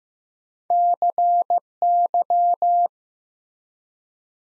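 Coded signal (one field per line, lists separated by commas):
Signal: Morse code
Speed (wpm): 15 wpm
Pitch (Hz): 700 Hz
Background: none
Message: CY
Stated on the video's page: Morse practice at 15 wpm, building 5-letter words one letter at a time.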